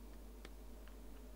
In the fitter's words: yeah good solid click